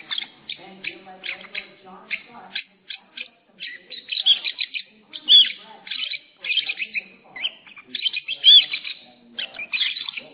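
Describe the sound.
Lovebird chattering with rapid clipped ticks at first, then louder shrill squeaks and chirps in irregular bursts.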